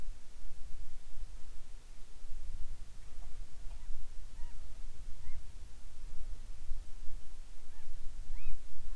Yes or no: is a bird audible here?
yes